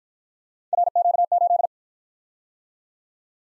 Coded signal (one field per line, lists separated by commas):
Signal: Morse code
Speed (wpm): 51 wpm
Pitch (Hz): 700 Hz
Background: none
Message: RQ8